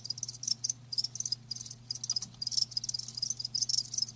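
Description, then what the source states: Crickets chirping in brisk high-pitched pulse bursts, several per second, over a low steady hum. Live crickets chirping, a lulling song.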